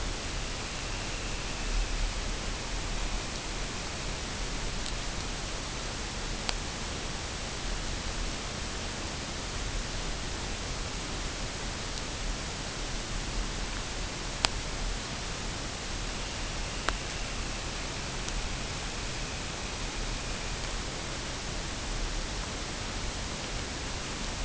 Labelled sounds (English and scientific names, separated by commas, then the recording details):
Dunlin (Calidris alpina), unidentified sound
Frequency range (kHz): Dunlin (Calidris alpina) 1.6-3.6 kHz
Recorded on Arctic tundra, site UTQI-5, on 21 June 2018
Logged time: 14:00